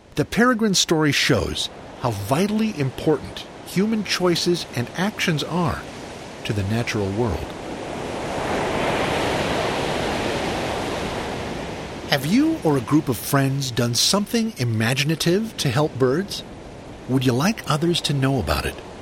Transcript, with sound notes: The Peregrines' story shows how vitally important human choices and actions are to the natural world. [Ocean waves once again] Have you or a group of friends done something imaginative to help birds? Would you like others to know about it?